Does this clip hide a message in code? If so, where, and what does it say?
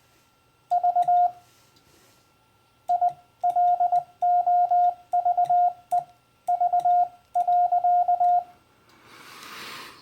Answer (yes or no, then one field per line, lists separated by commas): yes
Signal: Morse code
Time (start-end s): 0.7-8.4 s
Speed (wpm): 20 wpm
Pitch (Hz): 710 Hz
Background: none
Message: V I LOVE V.